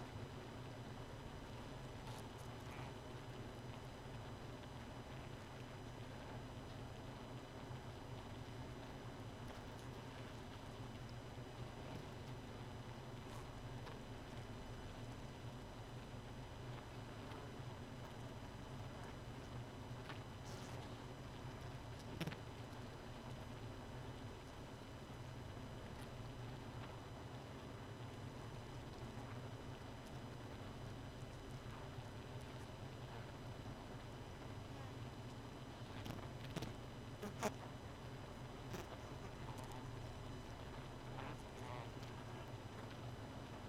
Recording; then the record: honeybee colony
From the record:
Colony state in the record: missing queen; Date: 31 May 2018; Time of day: 2:25